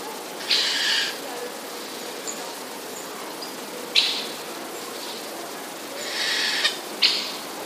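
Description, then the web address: Eurasian jay making repeated harsh, tearing screeches, some short and clipped, scattered across several seconds against a hissing background. Recorded 21 August 2010. "wroblowe ostrzegator sojka"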